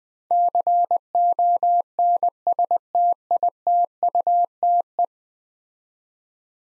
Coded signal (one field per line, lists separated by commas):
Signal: Morse code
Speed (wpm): 20 wpm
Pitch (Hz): 700 Hz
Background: none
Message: CONSTITUTE